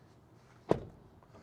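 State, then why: Released. The front trunk cover latch of a new Hyundai Ioniq 5 electric car, which has no remote release, is pulled open by hand. A single sharp pop sounds at 0.7 s as the latch lets go, followed by a short, quieter tail. The latch releases and the front trunk cover pops open.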